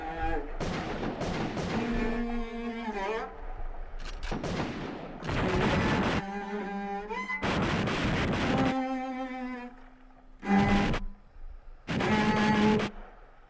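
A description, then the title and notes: A song with held, sliding sung notes plays in abrupt, choppy segments, broken up by harsh noisy bursts like gunfire and explosions. The beach, bombs, parachutes, gunfire and a song.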